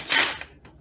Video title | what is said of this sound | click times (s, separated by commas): unknown bass player puts neck on bat bass | so you can hear it clicking. | 0.1 s, 0.4 s